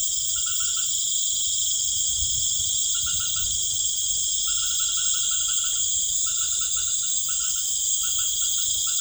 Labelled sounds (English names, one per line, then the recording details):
none
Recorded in pastures near Puerto Asís, Putumayo, Colombia, on 19 March 2025 at 20:00
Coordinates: 0.505, -76.324
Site GP08